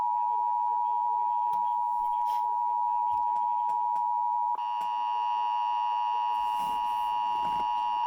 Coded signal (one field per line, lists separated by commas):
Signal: Emergency Alert System (SAME) tones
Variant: 853 and 960 Hz attention tone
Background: speech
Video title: EAS 1406 FFW NWS Jackson